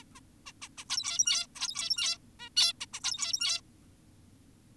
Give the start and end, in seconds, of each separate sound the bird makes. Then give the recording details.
0.02-0.04, 0.16-0.20, 0.46-0.53, 0.62-0.68, 0.78-0.84, 0.90-1.47, 1.56-2.18, 2.40-2.49, 2.57-2.73, 2.81-2.86, 2.94-3.00, 3.04-3.61. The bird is an adult. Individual g17y2U